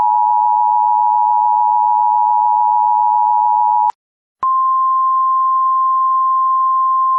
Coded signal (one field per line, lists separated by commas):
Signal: Emergency Alert System (SAME) tones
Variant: 853 and 960 Hz attention tone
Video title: EAS Scenario: Hell on Earth South Park Edition